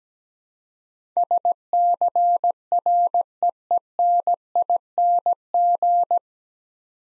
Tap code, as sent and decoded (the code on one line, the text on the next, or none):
none